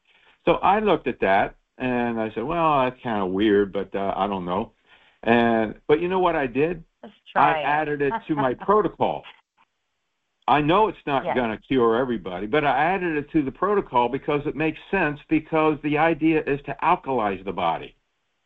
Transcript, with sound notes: So I looked at that and I said, "Well, that's kind of weird, but, uh, I don't know." And, but you know what I did?
Let's try it. (laughs)
I added it to my protocol. I know it's not gonna cure everybody, but I added it to the protocol because it makes sense because the idea is to alkalize the body.